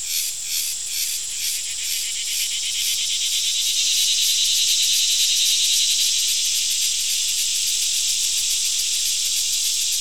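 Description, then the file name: Crickets chirping: pulsed high chirps at first, then merging into a steady shrill buzzing chorus that grows slightly louder. Crickets, more than one. "Digiffects Sound Effects Library - Crickets and a Cicada"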